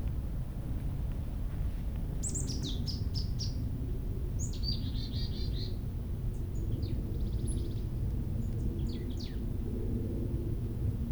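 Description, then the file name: Marsh tit calls: sharp high notes dropping into nasal, buzzy chattering runs, given in several bursts over steady low rumbling background noise. "Poecile palustris"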